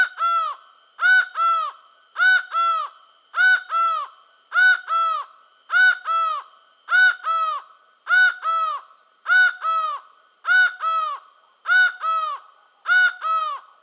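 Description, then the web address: Laughing falcon giving a steady series of paired nasal notes rich in harmonics, about one pair per second, no other sounds. South America. "Natures Songs S America Laughing Falcon"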